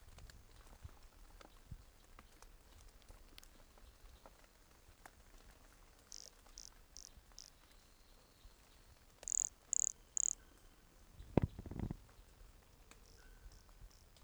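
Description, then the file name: Pumpkin toadlet giving a few faint high notes, then three loud high buzzy notes in a row, a dull low thump, and more faint notes. Recorded at Entroncamento, Teba, in January 2020, with the animal 20 cm from the microphone. "MHNCI Brachycephalus sulfuratus Entroncamento Teba 20 cm from microphone LFR JAN-2020"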